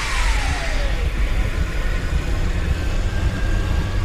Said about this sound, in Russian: как вдруг услышали за спиной звук аккумулирования энергии заряда, который, по всей видимости, запустила эта механическая громадина.